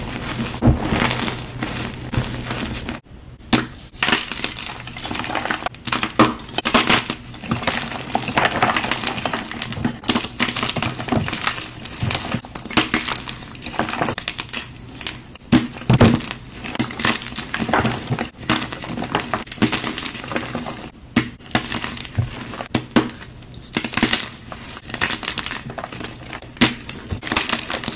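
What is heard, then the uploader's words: A compilation of crushing sounds: dense, crackling crunches and snaps pile up almost without pause, with sharp louder cracks scattered throughout. Brief silent gaps near 3, 21 and 28 seconds mark cuts between takes, and a low hum sits underneath. Compilation of new crushes.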